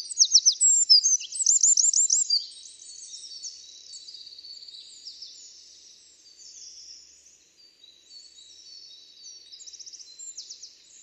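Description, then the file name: Eurasian wren delivering loud, very high, rapid trills over the opening two and a half seconds, then a quieter jumble of fast trilled notes continuing to the end. "Troglodytes troglodytes"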